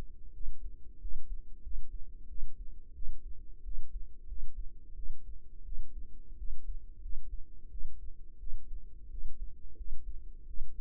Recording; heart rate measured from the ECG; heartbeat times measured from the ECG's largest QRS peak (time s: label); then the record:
heart sounds by microphone in the right ear; 89 bpm
0.32 s: heartbeat
0.99 s: heartbeat
1.62 s: heartbeat
2.27 s: heartbeat
2.93 s: heartbeat
3.63 s: heartbeat
4.27 s: heartbeat
4.95 s: heartbeat
5.64 s: heartbeat
6.36 s: heartbeat
7.00 s: heartbeat
7.69 s: heartbeat
8.38 s: heartbeat
9.09 s: heartbeat
9.76 s: heartbeat
10.46 s: heartbeat
From the record:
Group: healthy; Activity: rest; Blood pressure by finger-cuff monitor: 87/60 mmHg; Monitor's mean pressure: 69 mmHg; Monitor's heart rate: 88 bpm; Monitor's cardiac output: 6.9 L/min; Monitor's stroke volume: 78 mL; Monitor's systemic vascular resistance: 710 dyn s/cm5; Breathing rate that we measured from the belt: 21 breaths a minute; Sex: female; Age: 19 years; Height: 163 cm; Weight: 48.9 kg